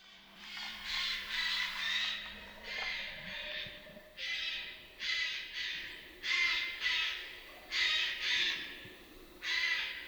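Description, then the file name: Eurasian Jay giving harsh, rasping screeches, single or in quick pairs, repeated roughly every second throughout. "Garrulus glandarius"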